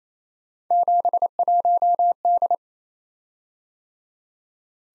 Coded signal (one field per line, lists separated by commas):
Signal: Morse code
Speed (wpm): 29 wpm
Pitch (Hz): 700 Hz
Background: none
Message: 71D